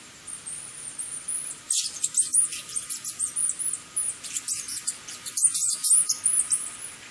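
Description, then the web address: Asian house shrew giving dense bursts of very high, shrill chirps and twittering squeaks, rapid and uneven for several seconds, over a faint steady hum. Recorded at Oshiro, Itoman, Okinawa, on 7 October 2021. "koe jakonezumi 211007 itoman oshiro"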